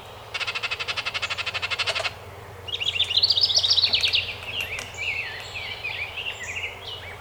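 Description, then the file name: House wren: a harsh buzzy rattle comes first, then a rising and falling warbled, bubbling song phrase with softer chatter trailing after it. Recorded 12 May 2018. "2018-05-12 HOWR"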